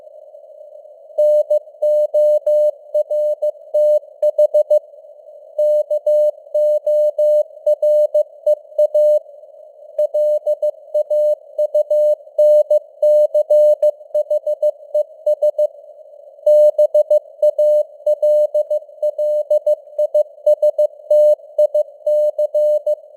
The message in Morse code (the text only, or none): NORTH KOREA LAUNCHES BALLISTIC